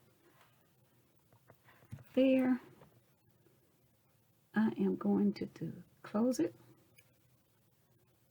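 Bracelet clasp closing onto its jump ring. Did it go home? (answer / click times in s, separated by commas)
yes / 7.0 s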